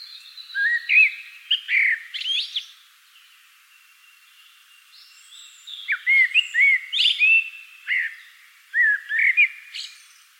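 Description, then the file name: Common blackbird giving a run of fluted phrases with rich whistled notes and squeaky high flourishes, separated by a few seconds of near silence. "Turdus merula"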